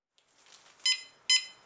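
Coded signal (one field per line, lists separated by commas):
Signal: beep code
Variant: Smart Caregiver fall monitor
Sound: two short bright electronic beeps in quick succession after faint rustling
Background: faint room noise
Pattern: 2 short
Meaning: The system is functioning properly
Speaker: two short beeps indicate that the system is functioning properly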